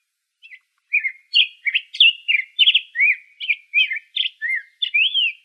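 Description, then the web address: Black-headed grosbeak song of varied warbled phrases, each a slurred whistle, in quick succession, ending on a clear arched note. Recorded in Arizona on 3 May 2005. "Grosbeaks Buntings BHGR"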